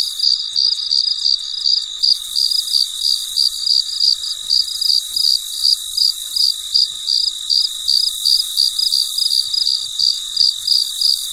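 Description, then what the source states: Cricket chirping: rapid, evenly spaced high pulses throughout, over a steady shrill drone. Recorded late at night, very quiet surroundings.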